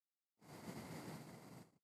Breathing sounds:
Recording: one breath near a microphone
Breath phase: exhalation

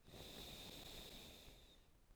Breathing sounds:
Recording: one breath near a microphone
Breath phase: exhalation

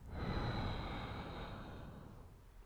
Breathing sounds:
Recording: one breath near a microphone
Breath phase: exhalation

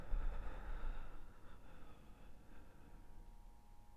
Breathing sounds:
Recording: one breath near a microphone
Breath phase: exhalation

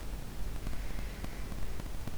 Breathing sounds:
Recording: one breath near a microphone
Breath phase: inhalation

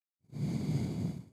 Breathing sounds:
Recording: one breath near a microphone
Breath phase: exhalation

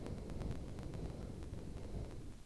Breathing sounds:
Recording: one breath near a microphone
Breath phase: exhalation

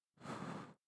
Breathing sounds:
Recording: one breath near a microphone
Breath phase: exhalation

